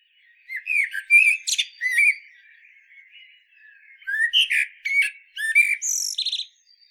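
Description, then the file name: Common blackbird song: two bursts of warbled phrases that turn into high, squeaky twitters, separated by a quiet gap of about two seconds. "Turdus merula"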